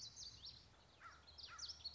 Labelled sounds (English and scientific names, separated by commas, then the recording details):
Common Yellowthroat (Geothlypis trichas)
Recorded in Sonoma County, California